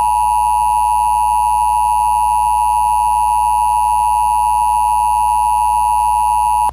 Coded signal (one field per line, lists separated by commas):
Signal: Emergency Alert System (SAME) tones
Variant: 853 and 960 Hz attention tone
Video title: Strange Comcast EAS Interruption (2023)